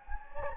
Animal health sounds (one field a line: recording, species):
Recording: mosquito wingbeat signal from an infrared sensor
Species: Anopheles gambiae